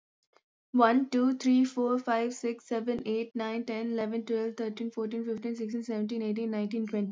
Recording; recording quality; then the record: counting at a fast pace; excellent, no background noise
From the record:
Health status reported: COVID-19 positive, no symptoms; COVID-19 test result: positive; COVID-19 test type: RT-PCR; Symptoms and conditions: fever, fatigue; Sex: female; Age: 24 years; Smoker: no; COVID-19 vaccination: both doses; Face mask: not worn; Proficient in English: yes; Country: India